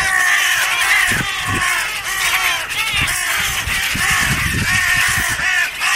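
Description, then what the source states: Western Jackdaw screaming, hoarse repeated screams in quick irregular series, several birds overlapping. A hawk attacked a jackdaw, and two other jackdaws gathered around and are screaming.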